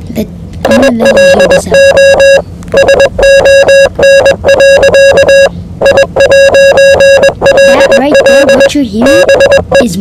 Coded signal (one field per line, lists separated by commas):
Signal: Morse code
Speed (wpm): 21 wpm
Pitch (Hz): 550 Hz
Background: speech, music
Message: ILO SON. I'LL BE